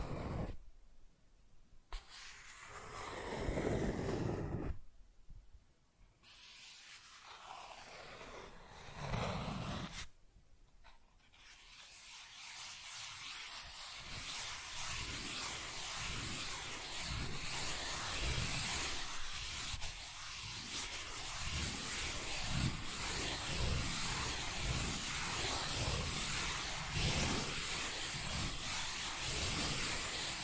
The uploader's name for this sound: Cardboard Scratching, Tracing, Tearing